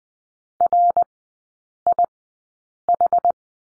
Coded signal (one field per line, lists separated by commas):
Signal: Morse code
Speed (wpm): 20 wpm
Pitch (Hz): 700 Hz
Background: none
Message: RIH